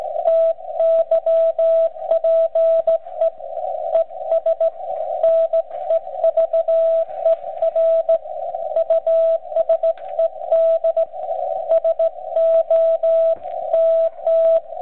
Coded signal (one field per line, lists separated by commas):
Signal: Morse code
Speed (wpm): 15 wpm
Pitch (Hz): 660 Hz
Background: radio noise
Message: TYPE ES NEVER USED SO TT